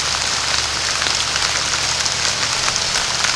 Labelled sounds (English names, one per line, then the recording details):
none
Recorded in pastures near Puerto Asís, Putumayo, Colombia, on 30 June 2025 at 15:30
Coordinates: 0.497, -76.327
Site G040